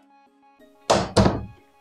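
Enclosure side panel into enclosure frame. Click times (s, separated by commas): 0.9 s, 1.2 s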